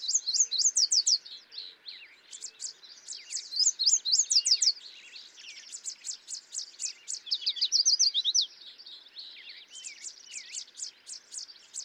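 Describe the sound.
Yellow warbler song in repeated fast phrases of thin, sweet high notes, loud runs recurring every few seconds amid steady background bird chatter.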